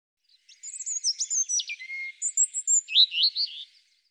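European robin song: a rapid three-second phrase of thin high whistles, slurred notes and sweet warbled trills, with long pure notes near the top; clean background with nothing else heard.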